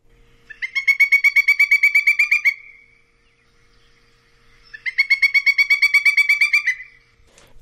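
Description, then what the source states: Pileated woodpecker calling in two loud, ringing bursts of rapid repeated notes, each series lasting about two seconds and separated by a pause of about two seconds. Distinctive bugle-like call; found in mature coniferous and deciduous forests with numerous snags or dead trees.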